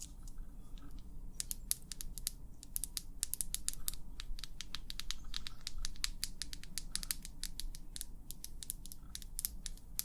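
Quick, irregular tapping clicks come in dense bursts throughout, sharp and bright, over a steady low rumbling hum underneath.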